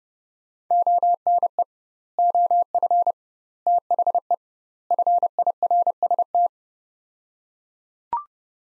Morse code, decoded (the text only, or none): ONE OF THE FIRST